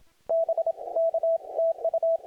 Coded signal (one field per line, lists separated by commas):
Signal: Morse code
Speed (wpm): 27 wpm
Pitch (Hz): 660 Hz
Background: radio noise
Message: BK TU